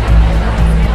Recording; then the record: background sound without coughing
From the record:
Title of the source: Party Noise 1 Hour Party Ambience